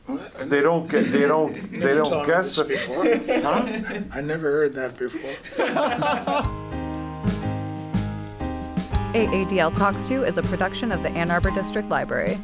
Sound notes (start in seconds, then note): 3.0 laughter; 5.1 laughter